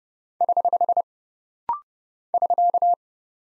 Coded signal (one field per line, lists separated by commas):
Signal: Morse code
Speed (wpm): 30 wpm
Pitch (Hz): 700 Hz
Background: none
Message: <HH> <SK>